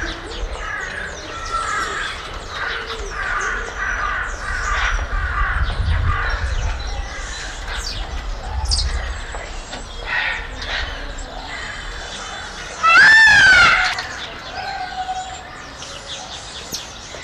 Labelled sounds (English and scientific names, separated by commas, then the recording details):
Golden-headed Lion Tamarin (Leontopithecus chrysomelas) call
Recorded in captivity
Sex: group
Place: Zoo Magdeburg, Sachsen-Anhalt, DE
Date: 1995-04-05
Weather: sonnig, 8°C
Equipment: Sony WM-D6C, Mikro Philips, Kopie Uher 4200 Report Mono
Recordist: Tembrock, Günter
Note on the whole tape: Laute in Gruppe